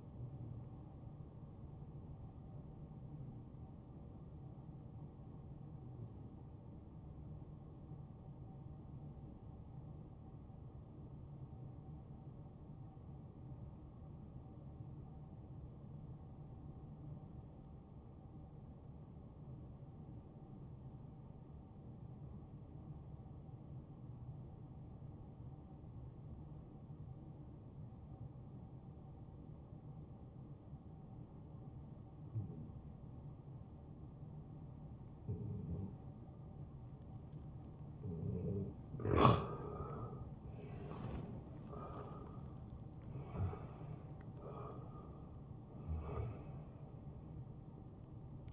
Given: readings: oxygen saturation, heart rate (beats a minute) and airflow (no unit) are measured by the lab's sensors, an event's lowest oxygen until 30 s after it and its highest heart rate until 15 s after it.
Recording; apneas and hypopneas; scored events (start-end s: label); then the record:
breathing in sleep by a smartphone at the bedside; 1
3.00-35.90 s: hypopnea (N1, oxygen 94% highest, then 87% lowest, heart rate 72 at the start, 78 highest)
14.00-44.00 s: new sleep stage, N2 (light sleep)
44.00-48.52 s: new sleep stage, N1 (lightest sleep)
From the record:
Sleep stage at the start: N1 (lightest sleep); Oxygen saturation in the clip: 87 to 94%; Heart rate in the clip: 62 to 78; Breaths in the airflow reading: 5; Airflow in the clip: -12.2 to 7.6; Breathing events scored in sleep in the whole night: 263 in 5.5 hours asleep